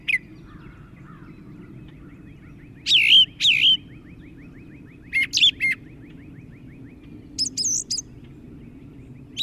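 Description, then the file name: Brown thrasher singing loud slurred phrases, some paired, separated by pauses; a faint rapid ticking series continues in the background. "suara kicauan brown thrasher"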